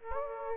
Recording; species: mosquito wingbeat signal from an infrared sensor; Aedes aegypti